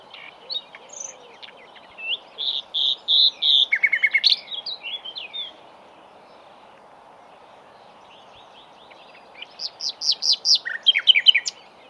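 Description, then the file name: Common nightingale song: a sequence of rich, whistled notes accelerating then stopping, a silent gap, and a final burst of rapidly repeated notes. "Luscinia megarhynchos"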